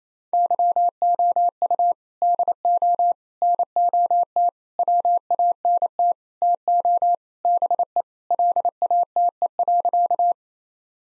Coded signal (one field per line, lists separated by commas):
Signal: Morse code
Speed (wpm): 28 wpm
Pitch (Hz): 700 Hz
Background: none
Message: YOU DO NOT WANT TO BE LATE.